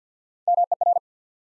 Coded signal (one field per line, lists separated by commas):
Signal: Morse code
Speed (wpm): 48 wpm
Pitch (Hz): 700 Hz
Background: none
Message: MER